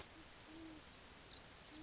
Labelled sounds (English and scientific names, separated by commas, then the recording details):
Great Horned Owl (Bubo virginianus)
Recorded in Sonoma County, California